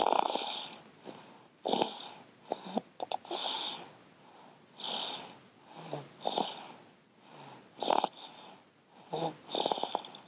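Snoring from an adult sleeper, heard as irregular, rasping bursts during sleep.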